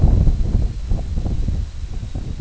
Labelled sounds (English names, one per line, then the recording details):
none
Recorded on Arctic tundra, site IGLO-D, on 24 June 2018
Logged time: 10:00